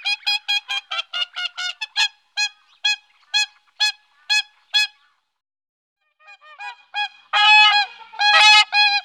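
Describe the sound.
Whooper swan calls: loud, nasal, trumpeting honks repeated quickly, then a pause and a burst of louder, harsher calls.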